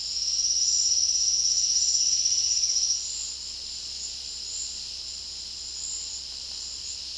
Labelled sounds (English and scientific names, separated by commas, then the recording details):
Silvered Antbird (Sclateria naevia)
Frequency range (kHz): Silvered Antbird (Sclateria naevia) 4.3-6.6 kHz
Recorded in dense forest near Puerto Asís, Putumayo, Colombia, on 19 February 2024 at 11:00
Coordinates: 0.485, -76.325
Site G6429